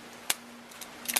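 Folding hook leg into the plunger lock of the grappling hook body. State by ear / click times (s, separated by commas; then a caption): seated / 0.3 s, 1.2 s. A folding hook leg on a Scorpion Hook folding grappling hook is opened and latches into the plunger lock of the grappling hook body. Sharp clicks sound at 0.3 s and 1.2 s over a faint steady hum, with a few softer ticks between. The hook leg ends locked in place.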